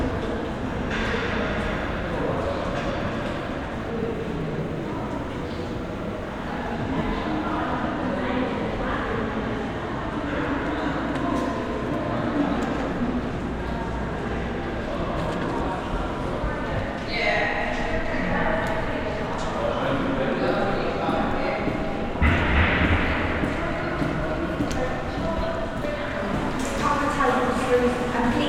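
A London rooftop: a steady, dense wash of city traffic and train rumble, with murmured voices and brief louder surges near the end.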